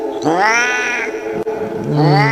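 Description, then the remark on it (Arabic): A cat lets out two long, drawn-out yowls, wavering and rising in pitch with a harsh, strained tone, separated by a brief break, while it rubs against a person's legs. The caterwauling is loud and sounds alone, with no talking. “لكن الصوت ده مش صوت قطة عادية ابدا.”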